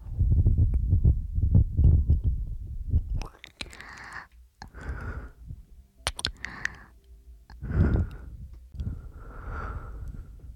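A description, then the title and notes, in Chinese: Breathing sounds, preceded for the first three seconds by a dense run of low, muffled thumps and rumbling. After that, soft airy breaths come in a slow, uneven rhythm, roughly one every second or two, with a few sharp clicks between them. 纯呼吸声asmr。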